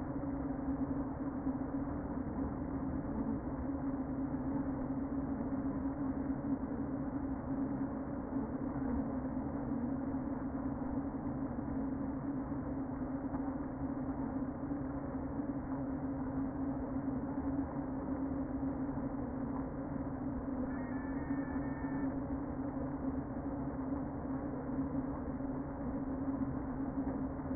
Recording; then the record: honeybee colony, microphone inside the hive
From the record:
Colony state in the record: queen present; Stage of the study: before two queens were removed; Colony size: about 60,000 bees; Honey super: yes